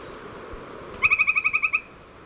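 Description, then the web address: Northern white-crowned tapaculo song: one quick series of about nine sharp, even notes lasting under a second against quiet background hiss. Recorded in Ecuador, South America. "Natures Songs S America Birds of Ecuador 01 Northern White-crowned Tapaculo"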